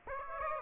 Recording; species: mosquito wingbeat signal from an infrared sensor; Aedes aegypti